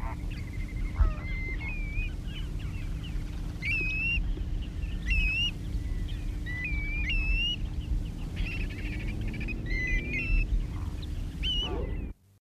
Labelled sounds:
Grey Plover (Pluvialis squatarola) call
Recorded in captivity
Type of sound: call
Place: Walfischbai
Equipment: Halbspur, 9,5 cm/s
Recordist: Lütgens, Hans
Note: Rufe

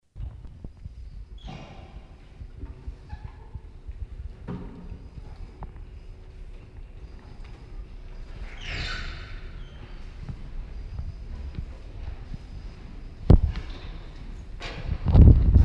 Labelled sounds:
Vervet Monkey (Chlorocebus pygerythrus) call
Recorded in captivity
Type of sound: call
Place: Zoo Leipzig, Sachsen, DE
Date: 1965-03-25 20:00
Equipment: Magnetophon 300, Transistorverstärker, Sennheiser MD 421
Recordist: Tembrock, Günter
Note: Lalandes-Meerkatze: Kurzlaute. Als Cercopithecus aethiops pygerythrops bezeichnet

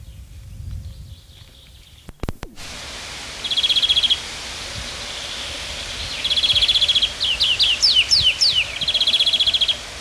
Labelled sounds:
Tree Pipit (Anthus trivialis) song
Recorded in the wild
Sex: male
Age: adult
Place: Vilmnitz, Insel Rügen, Mecklenburg-Vorpommern, DE
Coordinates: 54.3411, 13.5356
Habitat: wood
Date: 1979-06-21 11:11
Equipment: ITT Schaub-Lorenz Studio Recorder 72, Verstärker, Sennheiser MD 421 HL, Kopie Uher 4200 Report
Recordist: Tembrock, Günter

